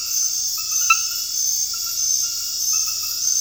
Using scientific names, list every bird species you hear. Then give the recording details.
none. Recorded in dense forest near Puerto Asís, Putumayo, Colombia, on 18 February 2024 at 01:30. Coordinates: 0.485, -76.318. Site G6408